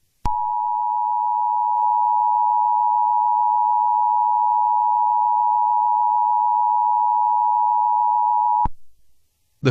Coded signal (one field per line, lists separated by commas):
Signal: Emergency Alert System (SAME) tones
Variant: 853 and 960 Hz attention tone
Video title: Koopas Part 1 - Tt inc. Original Video Game EAS Mock